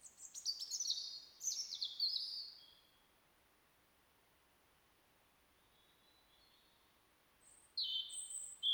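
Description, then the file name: European robin song in two bursts: a rapid high twittering phrase, about five seconds of quiet, then another thin, very high phrase starting. "Erithacus rubecula"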